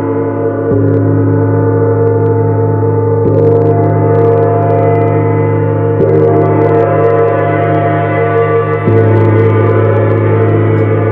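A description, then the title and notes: A large gong rings continuously with a deep, dense hum and layered, shimmering overtones. It is struck again roughly every three seconds, near 0.7, 3.2, 6 and 8.9 seconds, each stroke adding a brief bright splash while the sustained drone stays steady and loud. 30-Day Neptune Gong Challenge.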